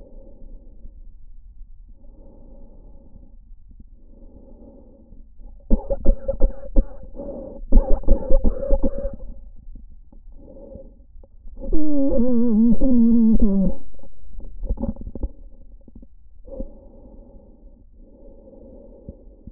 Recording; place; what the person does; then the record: lung sounds by stethoscope; trachea; quiet breathing, then cough and speech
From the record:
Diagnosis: COPD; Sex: female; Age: 65 years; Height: 156 cm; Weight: 63.9 kg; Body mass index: 26.3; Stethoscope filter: diaphragm mode